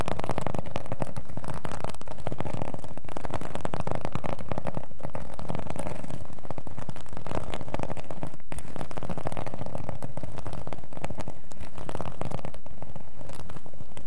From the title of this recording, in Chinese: 抓挠声